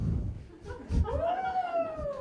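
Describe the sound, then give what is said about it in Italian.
After a short rumble of crowd noise, someone in a comedy show audience lets out a long, wavering howl that rises in pitch, holds, then slowly sinks over about a second. “Ho sentito un ululio.”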